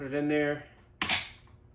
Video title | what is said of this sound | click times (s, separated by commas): 🪟 How to Install Faux Wood Blinds on Window Trim - Easy DIY Tutorial | Boom, you hear it click. | 1.0 s